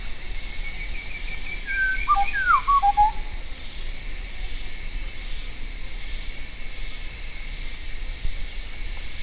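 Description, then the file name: Bird whistles a single short phrase of gliding, falling notes and quick upward flicks, then silence apart from a continuous high-pitched hum. "SABIOD 50 bird 2015"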